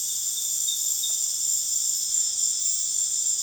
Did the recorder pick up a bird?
no